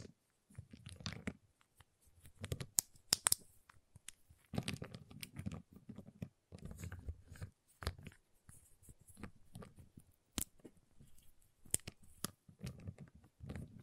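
A giant chocolate bar is tapped, cut and snapped in irregular bursts of sharp clicks and crisp cracks, with dull thuds underneath and brief pauses.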